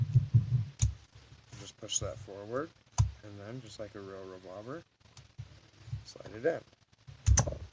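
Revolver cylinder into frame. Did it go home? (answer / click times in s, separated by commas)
yes / 7.4 s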